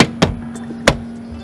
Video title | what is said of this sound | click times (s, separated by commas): How to replace your 2010-2015 Toyota Prius side view mirror - ReveMoto | you're gonna hear that click | 0.0 s, 0.2 s, 0.9 s